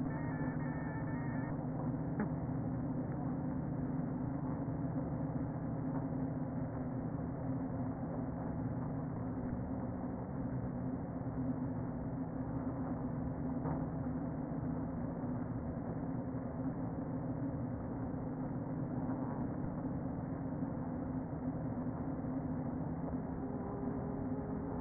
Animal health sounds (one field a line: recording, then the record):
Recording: honeybee colony, microphone inside the hive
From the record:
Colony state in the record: queen present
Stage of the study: before two queens were removed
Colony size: about 60,000 bees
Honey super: yes